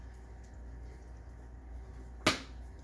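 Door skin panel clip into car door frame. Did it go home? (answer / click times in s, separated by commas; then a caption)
yes / 2.3 s. The lower part of a plastic rear door skin on a 2004 Saturn VUE is pushed down until its clip snaps into the car door frame. A steady low hum runs through the clip until one sharp, loud snap at 2.3 s, which rings briefly and fades. The door skin clip is seated.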